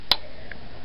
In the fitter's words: all the way until it snaps up